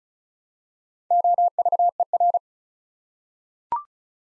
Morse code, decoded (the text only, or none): OVER